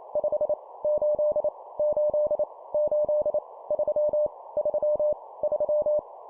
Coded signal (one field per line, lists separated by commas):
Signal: Morse code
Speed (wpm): 28 wpm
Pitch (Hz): 600 Hz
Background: none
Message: 5 8 8 8 3 3 3